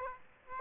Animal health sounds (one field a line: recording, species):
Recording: mosquito wingbeat signal from an infrared sensor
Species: Aedes aegypti